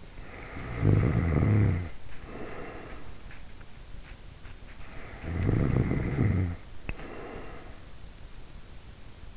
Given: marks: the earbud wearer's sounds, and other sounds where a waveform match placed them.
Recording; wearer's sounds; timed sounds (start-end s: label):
sounds in sleep by an in-ear microphone; snoring breath
0.00-3.31 s: snoring breath
4.86-8.06 s: snoring breath